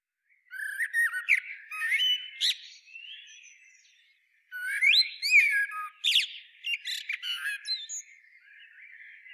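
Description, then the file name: Eurasian blackbird song in two verses with a brief pause between, whistles sliding into thin, squeaky high flourishes. "Turdus merula"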